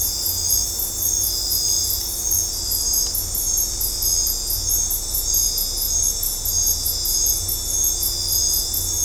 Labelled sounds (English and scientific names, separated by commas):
none